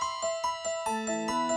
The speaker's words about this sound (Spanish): Tocaron el timbre, pero nadie les abría. Decidieron volver a intentarlo una vez tras otra. Cuando ya llevaban cinco veces llamando al timbre, apareció un agujero negro en la puerta.